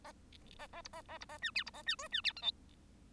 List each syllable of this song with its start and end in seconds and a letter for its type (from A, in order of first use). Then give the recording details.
0.04-0.12 A, 0.58-0.67 A, 0.72-0.81 A, 0.84-0.88 B, 0.93-1.01 A, 1.08-1.18 A, 1.20-1.25 B, 1.29-1.38 A, 1.42-1.51 C, 1.55-1.63 D, 1.66-1.71 B, 1.73-1.82 A, 1.86-1.96 C, 1.98-2.08 E, 2.12-2.21 C, 2.23-2.32 D, 2.36-2.42 F, 2.42-2.51 G. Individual Bird1